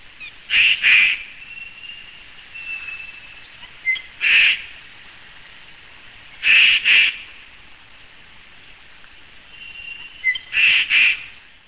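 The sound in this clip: Rook giving harsh, grating caws, mostly in quick pairs with a single caw between, about every two to four seconds; faint thin whistles in the background.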